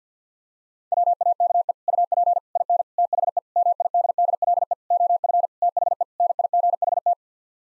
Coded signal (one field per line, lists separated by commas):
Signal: Morse code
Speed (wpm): 50 wpm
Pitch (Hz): 700 Hz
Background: none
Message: WAKE UP IN THE MIDDLE OF THE NIGHT